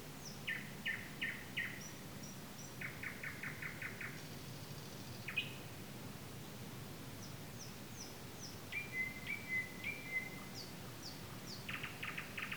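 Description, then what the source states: Nightingale song with quick series of repeated sharp notes, a piercing upward note, level whistles in pairs and a final rapid stuttering run, against constant low hiss. Recorded 15 May 2022.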